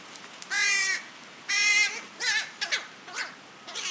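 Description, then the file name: Carrion crow with two loud harsh caws a second apart, followed by a run of softer, shorter, varied croaking notes. "Corvus corone"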